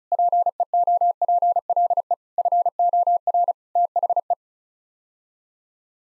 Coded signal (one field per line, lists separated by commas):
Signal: Morse code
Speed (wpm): 36 wpm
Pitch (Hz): 700 Hz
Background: none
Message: PEOPLE FOR THE